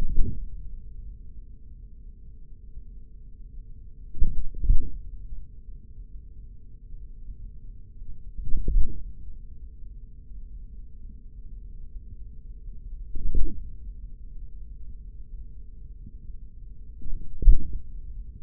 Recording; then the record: forearm muscle sounds (acoustic myography)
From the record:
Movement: hand closing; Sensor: system 3, bracelet of six PUI Audio POM-2738L microphones around the upper forearm, with dedicated amplification and filtering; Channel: 3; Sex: male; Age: 56 years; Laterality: right